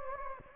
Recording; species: mosquito wingbeat signal from an infrared sensor; Anopheles gambiae